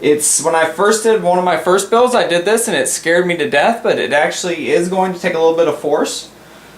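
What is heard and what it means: Someone talks while handling the CPU socket retention lever on a motherboard, with the load bracket lowered over the processor and the lever about to be pressed down with some force. Only speech is heard, with no click, and the clip ends before the lever locks into place. Nothing has seated or clicked yet.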